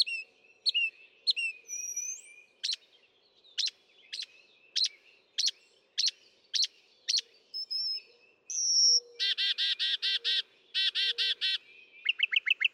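Northern mockingbird song with varied phrases: whistled notes, a steady run of sharp clicks, then loud rapid harmonic trills repeated in bursts.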